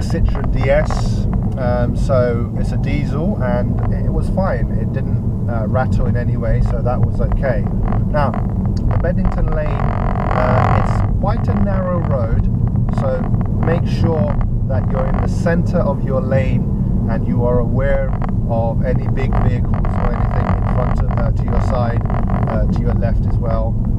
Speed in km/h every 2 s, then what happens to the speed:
32, 35, 35, 37, 39, 39, 40, 40, 39, 37, 37, 35.
0-11 speeds up to 40. 11-24 steady at about 37.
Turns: none.